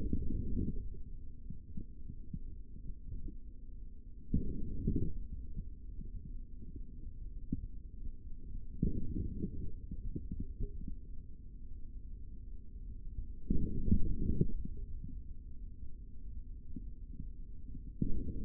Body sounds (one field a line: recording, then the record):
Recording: forearm muscle sounds (acoustic myography)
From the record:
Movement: forearm pronation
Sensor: system 3, bracelet of six PUI Audio POM-2738L microphones around the upper forearm, with dedicated amplification and filtering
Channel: 6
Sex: male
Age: 25 years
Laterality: right